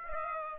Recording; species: mosquito wingbeat signal from an infrared sensor; Aedes aegypti